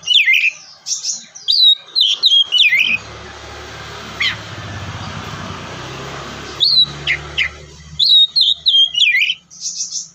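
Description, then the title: Oriental magpie-robin giving sweet whistled phrases at start and end, with a long stretch of rumbling noise and a few scattered notes between them. "kacer"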